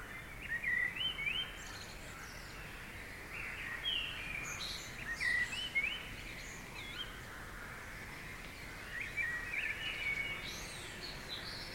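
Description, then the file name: Birds chirp with quick upslurred whistles and twitters in irregular bouts, a steady hiss running underneath. Recorded around 3 o'clock at night. "okolo 3 chasov nochi ptici protiv lyagushek"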